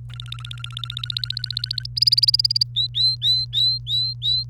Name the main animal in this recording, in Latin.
Serinus canaria